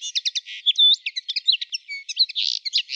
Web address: Carduelis cannabina